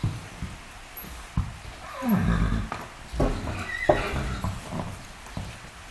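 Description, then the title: Horse sounds in a stable: a low vocal sound midway among irregular knocks and shuffling. Several horses in a stable at Céreste, Alpes-de-Haute-Provence, recorded in May 2000. "Animus. Chevaux à l'écurie - Céreste, Alpes-de-Haute-Provence - mai 2000"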